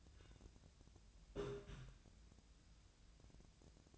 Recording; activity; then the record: daily activity, microphone in the room; take from stove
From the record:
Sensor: 2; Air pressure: 1009.8 hPa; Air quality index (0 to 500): 181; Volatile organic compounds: 11 ppm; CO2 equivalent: 2268 ppm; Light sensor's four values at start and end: 31/76/33/36 and 31/75/32/36